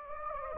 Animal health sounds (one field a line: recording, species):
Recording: mosquito wingbeat signal from an infrared sensor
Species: Anopheles gambiae